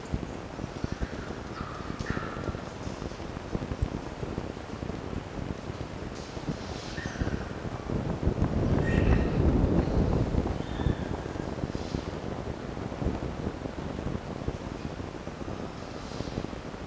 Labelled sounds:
Red Fox (Vulpes vulpes)

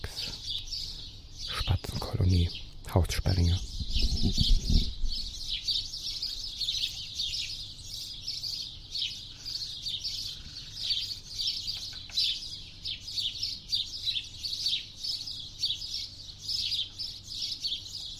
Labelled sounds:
House Sparrow (Passer domesticus) call

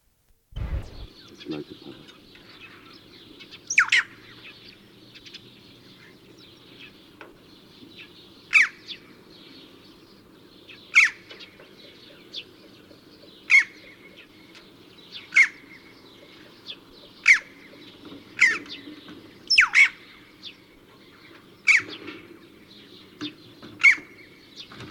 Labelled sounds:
Red-billed Chough (Pyrrhocorax pyrrhocorax) call

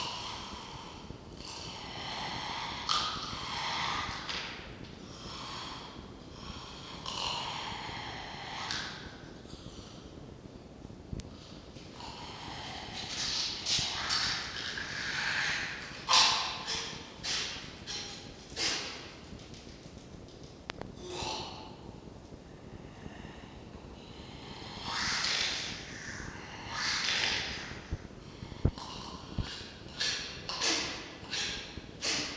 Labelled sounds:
Red Fox (Vulpes vulpes)

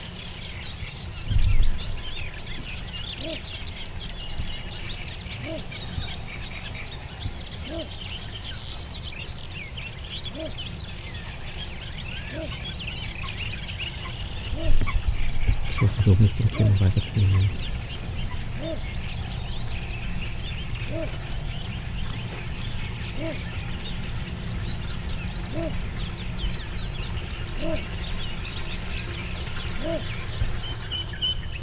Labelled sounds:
Little Bittern (Ixobrychus minutus)

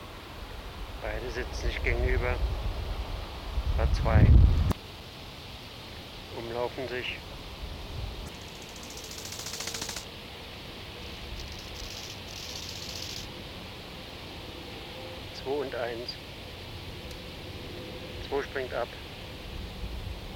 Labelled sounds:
Bow-winged Grasshopper (Chorthippus biguttulus) stridulation

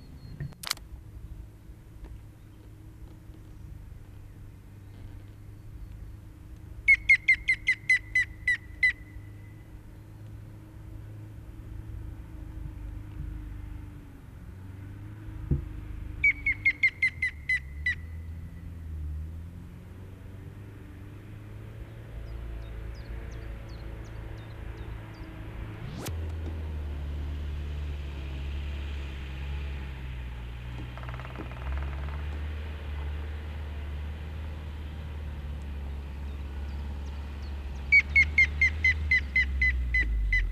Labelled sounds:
European Green Woodpecker (Picus viridis) song

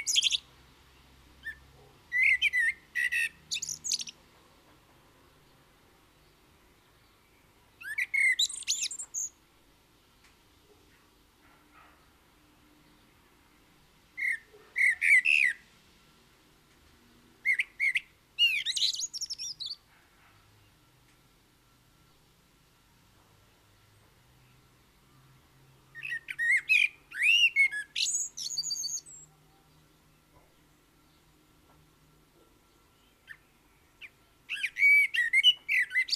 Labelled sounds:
Common Blackbird (Turdus merula) song

